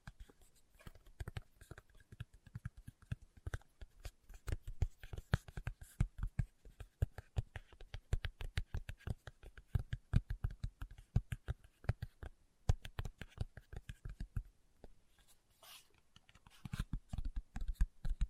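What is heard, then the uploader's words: Fingertips tap in quick, irregular bursts of soft, dull knocks, nearly continuous, with brief pauses near twelve and fifteen seconds. ASMR Tapping with Fingertips (No Talking).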